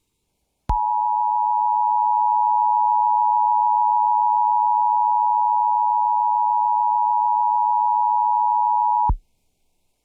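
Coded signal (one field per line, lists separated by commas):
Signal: Emergency Alert System (SAME) tones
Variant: 853 and 960 Hz attention tone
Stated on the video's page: Severe thunderstorm warning SAME alert relayed by an FM broadcast station on 99.3 FM, using EASyPLUS alert equipment.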